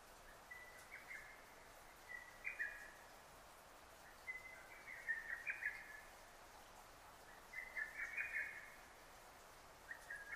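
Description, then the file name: Lesser cuckoo singing a rapid, tumbling phrase of sharp notes, given four or five times at irregular intervals against a soft hiss. Recorded on 6 June 2009. "hototogisu 20090606"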